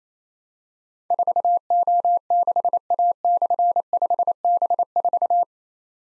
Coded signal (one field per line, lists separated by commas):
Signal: Morse code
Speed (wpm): 28 wpm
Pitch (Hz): 700 Hz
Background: none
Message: 4O6A/5B4